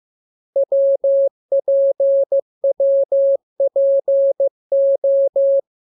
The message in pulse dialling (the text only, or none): none